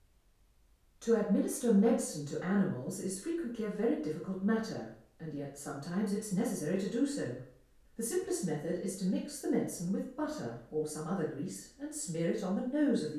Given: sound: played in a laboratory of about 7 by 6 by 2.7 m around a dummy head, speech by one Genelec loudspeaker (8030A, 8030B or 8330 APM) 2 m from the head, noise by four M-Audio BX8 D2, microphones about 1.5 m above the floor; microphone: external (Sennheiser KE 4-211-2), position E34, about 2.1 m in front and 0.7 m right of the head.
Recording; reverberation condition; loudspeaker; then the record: female speech in English; medium; 60 degrees to the left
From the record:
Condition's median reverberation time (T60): about 510 ms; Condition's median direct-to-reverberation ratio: about -0.5 dB